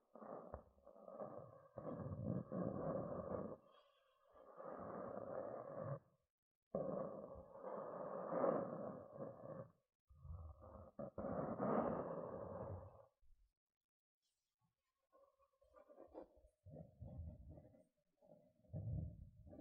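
Gentle scratching comes in long rasping bursts of a few seconds each, separated by short silences. The scratches are dull and low to mid in pitch, strongest through the first thirteen seconds, then return softer and more broken up near the end.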